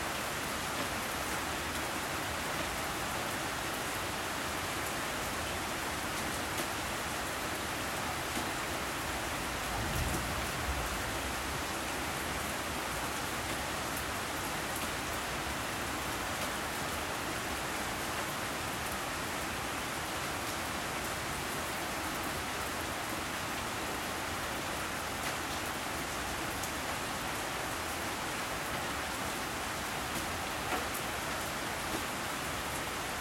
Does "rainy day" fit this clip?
yes